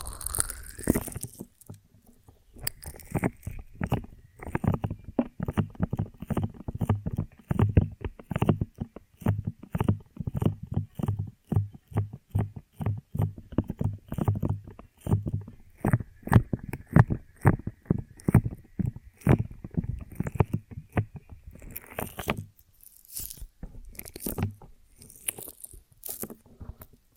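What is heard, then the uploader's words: Honeycomb on a branch being bitten and chewed, a dense run of sticky, crunchy clicks and snaps from about two seconds to twenty-two. The chewing is fast and uneven, with low thuds under crisp pops, then thins to a few scattered crackles near the end. ASMR of a Honeycomb on Branch (No Talking).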